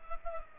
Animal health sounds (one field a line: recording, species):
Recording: mosquito wingbeat signal from an infrared sensor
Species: Culex pipiens